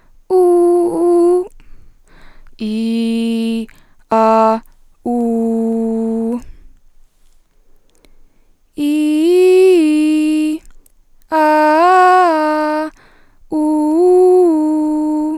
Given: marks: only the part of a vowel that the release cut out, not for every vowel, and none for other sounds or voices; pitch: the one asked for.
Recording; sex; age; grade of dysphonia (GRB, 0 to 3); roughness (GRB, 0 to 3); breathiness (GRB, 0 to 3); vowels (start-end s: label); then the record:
sustained vowels; female; 20 to 29 years; 1; 1; 0
0.43-1.29 s: vowel /u/, high pitch
2.70-3.53 s: vowel /i/, low pitch
5.16-6.27 s: vowel /u/, low pitch
8.90-10.39 s: vowel /i/, low-high-low pitch
11.45-12.72 s: vowel /a/, low-high-low pitch
13.63-15.19 s: vowel /u/, low-high-low pitch
From the record:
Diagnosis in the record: healthy voice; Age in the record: 21 years